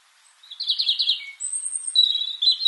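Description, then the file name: European robin song: a quick trilled phrase, then a thin high whistled note and further sweet warbled notes at high pitch. "Erithacus rubecula"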